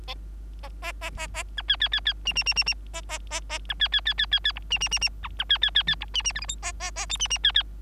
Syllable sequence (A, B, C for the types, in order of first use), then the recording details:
A A A A A B C C C C D D D D D A A A A B C C C C C C E D D D D B B C C C C E D D F G H A A A I D D C C. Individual Bird3